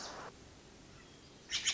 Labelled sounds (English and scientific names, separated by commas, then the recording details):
Wilson's Warbler (Cardellina pusilla)
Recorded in Sonoma County, California